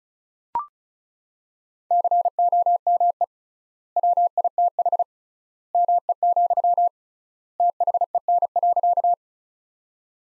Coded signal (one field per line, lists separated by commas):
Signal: Morse code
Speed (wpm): 36 wpm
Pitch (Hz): 700 Hz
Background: none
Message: COME WITH ME, THEN.